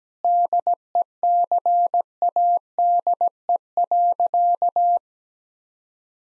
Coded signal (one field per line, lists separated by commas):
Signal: Morse code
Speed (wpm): 17 wpm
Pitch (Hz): 700 Hz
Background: none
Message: DECADE.